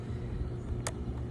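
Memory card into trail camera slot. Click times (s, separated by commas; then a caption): 0.9 s. A small SD card is pushed back into the spring-loaded memory card slot of a Moultrie trail camera and clicks home at 0.9 s, a short, sharp snap over a steady low rumble. The card is seated in the slot.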